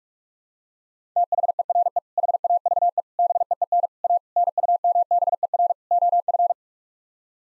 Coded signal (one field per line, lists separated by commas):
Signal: Morse code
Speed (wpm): 47 wpm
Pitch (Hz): 700 Hz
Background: none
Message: THERE HAVE BEEN A NUMBER OF